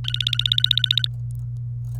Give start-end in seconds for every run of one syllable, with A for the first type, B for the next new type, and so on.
0.04-1.07 A